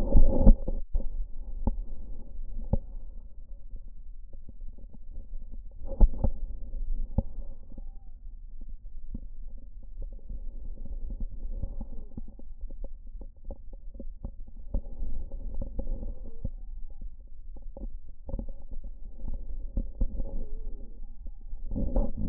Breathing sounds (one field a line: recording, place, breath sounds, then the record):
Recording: lung sounds by stethoscope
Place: left posterior middle chest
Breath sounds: expiratory wheeze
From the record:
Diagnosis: asthma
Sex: male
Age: 40 years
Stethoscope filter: diaphragm mode, 100 to 500 Hz